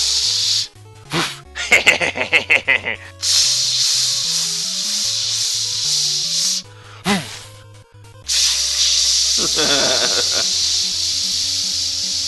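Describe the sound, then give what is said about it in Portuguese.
A long, steady hiss of aerosol spray, lit with a lighter in a home backyard, becomes a roaring jet of flame that runs almost without a break, briefly dropping out twice, while short bursts of voices and a low hum sit underneath. “Mas quando eu acendi o isqueiro, mano, aquilo ali virou um lança-chamas, cara.”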